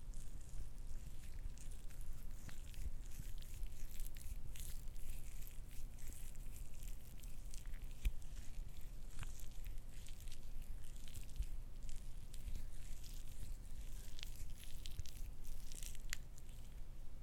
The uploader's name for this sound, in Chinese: 乳液擠壓